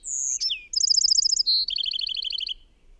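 Bird song: a high descending whistle, then a fast buzzy trill, a short pure note and a second, lower rapid trill, all within about two and a half seconds.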